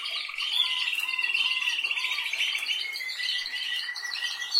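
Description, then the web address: Canary warbling: a dense, continuous stream of chirps, trills and twittering notes. "Golchin Best Canari Seda Canari. Niyaz Music)"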